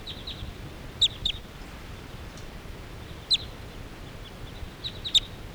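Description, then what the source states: Crossbill flight calls, short sharp chips given singly and in quick pairs, scattered throughout over a steady background hiss. Flock flying away after ignoring decoys near a net area, birds flying around in the air; recorded at 12:52.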